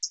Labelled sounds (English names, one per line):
Hooded Warbler flight call